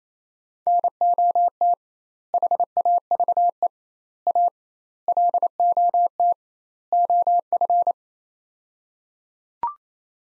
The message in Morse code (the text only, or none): NOT HAVE A LOT OF